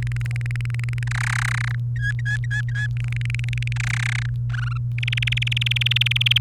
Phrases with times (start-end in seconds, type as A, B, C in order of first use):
0.02-1.03 A, 1.07-1.75 B, 1.96-2.87 C, 2.97-3.73 A, 3.76-4.26 B, 4.50-4.77 D, 4.98-6.38 E